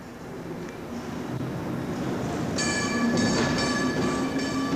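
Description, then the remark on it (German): A tram approaches along its rails, the low rolling rumble swelling steadily, then shrill metallic wheel squeals cut in partway through and pulse on top of the rumble. “Da kommt sie!”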